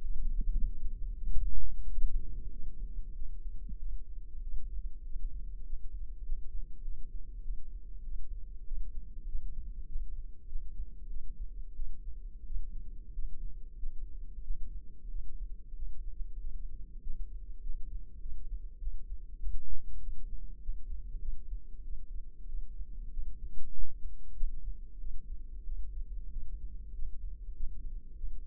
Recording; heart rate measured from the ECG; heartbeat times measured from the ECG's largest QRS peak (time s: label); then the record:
heart sounds by microphone in the left ear; 96 bpm
0.02 s: heartbeat
0.67 s: heartbeat
1.29 s: heartbeat
1.90 s: heartbeat
2.51 s: heartbeat
3.14 s: heartbeat
3.78 s: heartbeat
4.42 s: heartbeat
5.04 s: heartbeat
5.64 s: heartbeat
6.23 s: heartbeat
6.82 s: heartbeat
7.42 s: heartbeat
8.03 s: heartbeat
8.65 s: heartbeat
9.26 s: heartbeat
9.86 s: heartbeat
10.47 s: heartbeat
11.08 s: heartbeat
11.74 s: heartbeat
12.44 s: heartbeat
13.13 s: heartbeat
13.77 s: heartbeat
14.42 s: heartbeat
15.08 s: heartbeat
15.74 s: heartbeat
16.39 s: heartbeat
17.01 s: heartbeat
17.61 s: heartbeat
18.20 s: heartbeat
18.79 s: heartbeat
19.39 s: heartbeat
20.00 s: heartbeat
20.60 s: heartbeat
21.20 s: heartbeat
21.82 s: heartbeat
22.47 s: heartbeat
23.11 s: heartbeat
23.73 s: heartbeat
24.34 s: heartbeat
24.98 s: heartbeat
25.64 s: heartbeat
26.31 s: heartbeat
26.93 s: heartbeat
27.54 s: heartbeat
28.15 s: heartbeat
From the record:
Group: healthy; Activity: rest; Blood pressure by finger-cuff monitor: 125/68 mmHg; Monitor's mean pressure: 88 mmHg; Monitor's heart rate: 97 bpm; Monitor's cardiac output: 8.2 L/min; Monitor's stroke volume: 83 mL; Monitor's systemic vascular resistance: 760 dyn s/cm5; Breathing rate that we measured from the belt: 16 breaths a minute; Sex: female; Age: 26 years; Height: 165 cm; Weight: 55 kg